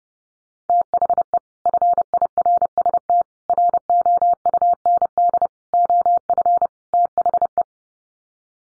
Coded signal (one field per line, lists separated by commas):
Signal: Morse code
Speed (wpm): 30 wpm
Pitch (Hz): 700 Hz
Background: none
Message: THE FIRST ROUND OF THE